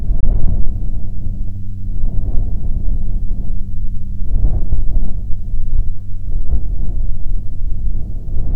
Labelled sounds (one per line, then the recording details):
wind
aircraft
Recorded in the Prudhoe Bay oil fields, Alaska, on 11 July 2019 at 09:45
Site 11